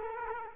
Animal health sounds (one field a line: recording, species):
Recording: mosquito wingbeat signal from an infrared sensor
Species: Culex quinquefasciatus